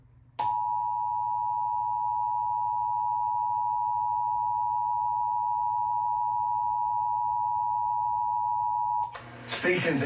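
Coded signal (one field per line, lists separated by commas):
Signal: Emergency Alert System (SAME) tones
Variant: 853 and 960 Hz attention tone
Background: speech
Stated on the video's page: Required Monthly Test broadcast on Louisiana Public Broadcasting television, interrupting a children's educational programme.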